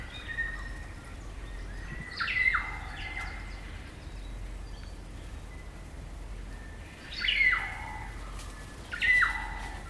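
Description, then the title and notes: Kaka song: three loud eerie notes, each a sharp downward swoop into a sustained whistled tone, spaced several seconds apart, over a steady low background hum. Kaka, a large parrot, singing eerie dusk chorus in late spring at Karori Sanctuary near Wellington, New Zealand. "It's late spring at the Karori Sanctuary near Wellington, New Zealand and the kakas – a large species of parrot – are singing their eerie dusk chorus. Recorded by Margaret Bartlett."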